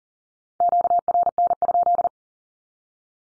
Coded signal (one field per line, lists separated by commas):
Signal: Morse code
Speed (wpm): 40 wpm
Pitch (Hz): 700 Hz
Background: none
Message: QRN?